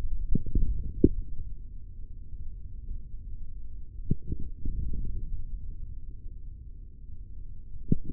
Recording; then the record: forearm muscle sounds (acoustic myography)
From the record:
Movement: hand closing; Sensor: system 3, bracelet of six PUI Audio POM-2738L microphones around the upper forearm, with dedicated amplification and filtering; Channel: 5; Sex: male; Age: 23 years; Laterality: right